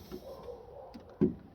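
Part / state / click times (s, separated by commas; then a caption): keyless entry wiring plug into exterior door handle electronics / not seated / none. The keyless entry electrical plug on the back of a Hyundai Elantra exterior door handle is handled as it is brought to its socket, with quiet low rustling, a faint tick near 1.1 s and a short dull knock at about 1.2 s. Nothing has seated or clicked yet.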